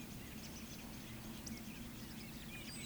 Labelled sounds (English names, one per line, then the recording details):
Eurasian Woodcock whistle
Eurasian Woodcock croak
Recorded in Baden-Württemberg, Germany, on 14 May 2021 at 19:15 UTC
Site 25175, 602 m above sea level